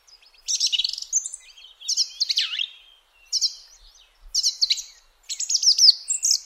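Song thrush delivering separated bursts of harsh, chattering high notes, with short pauses between phrases.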